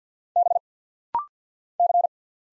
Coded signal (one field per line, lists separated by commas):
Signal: Morse code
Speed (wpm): 48 wpm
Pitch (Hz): 700 Hz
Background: none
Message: B C